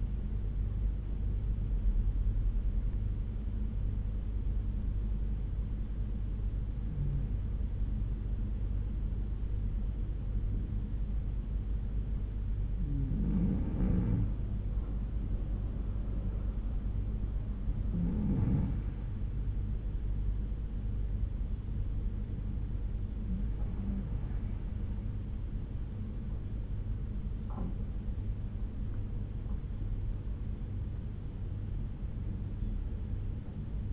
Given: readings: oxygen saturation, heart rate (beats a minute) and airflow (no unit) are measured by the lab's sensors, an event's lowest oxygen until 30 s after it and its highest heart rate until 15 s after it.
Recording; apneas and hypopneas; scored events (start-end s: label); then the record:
breathing in sleep by a smartphone at the bedside; 1
4.00-19.40 s: hypopnea (N2, oxygen 91% highest, then 90% lowest, heart rate 67 at the start, 73 highest)
From the record:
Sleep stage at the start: N2 (light sleep); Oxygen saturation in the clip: 90 to 96%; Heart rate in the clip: 60 to 73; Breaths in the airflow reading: 6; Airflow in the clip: -5.6 to 5.9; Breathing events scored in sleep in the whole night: 368 in 8.0 hours asleep